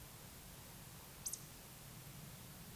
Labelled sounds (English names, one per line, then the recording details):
Eurasian Woodcock whistle
Eurasian Woodcock croak
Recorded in Baden-Württemberg, Germany, on 11 June 2021 at 20:07 UTC
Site 24606, 635 m above sea level